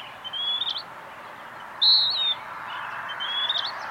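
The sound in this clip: Bird song: thin high whistles and one loud slurred whistle in the middle, with faint high chirps and steady background hiss.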